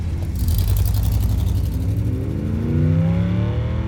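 A car engine revs and accelerates with a steady low rumble, its pitch climbing in rising harmonic sweeps as the vehicle pulls away. There is no talking.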